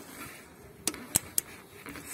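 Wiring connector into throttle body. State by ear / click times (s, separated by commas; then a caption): seated / 1.4 s. A wiring connector is pushed onto the throttle body of a Chevrolet / Ravon Gentra (Daewoo) after throttle body cleaning. Three short, sharp clicks sound over a quiet background at about 0.9 s, 1.2 s and 1.4 s. The connector seats with its final click at 1.4 s.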